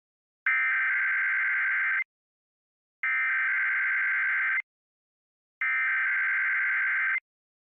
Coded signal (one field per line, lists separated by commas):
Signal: Emergency Alert System (SAME) tones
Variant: header bursts